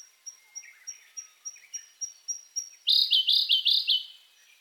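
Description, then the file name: Siberian blue robin song: a series of thin, high ticking notes, then a sudden loud, rapid rattling trill near the end. "koruri"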